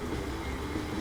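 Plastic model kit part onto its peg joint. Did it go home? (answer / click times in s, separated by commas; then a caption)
no / none. A plastic weapon, shield or base part from a Bandai MG Wing Gundam Zero EW model kit is being pushed onto its peg joint by hand. A steady low rumble and hum is heard throughout, with no sharp transient. Nothing has seated or clicked yet.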